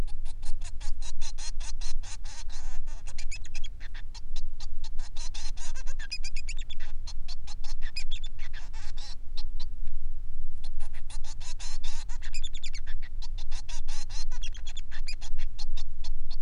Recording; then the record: song of a male Bengalese finch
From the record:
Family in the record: son of father 3